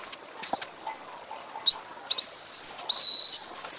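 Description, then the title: White-naped xenopsaris singing a thin, high, wavering warble that begins after a short pause, over a steady high insect-like hum. "LuckyPassaro Completos2Sama. White-naped Xenopsaris (Xenopsaris albinucha)"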